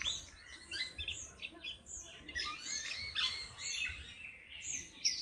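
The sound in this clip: Bird song, a jumble of high chirps and trilled notes over a steady background hiss.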